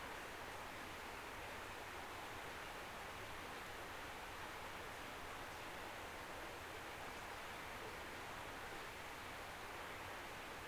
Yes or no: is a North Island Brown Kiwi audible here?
no